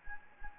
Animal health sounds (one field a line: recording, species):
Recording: mosquito wingbeat signal from an infrared sensor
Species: Anopheles gambiae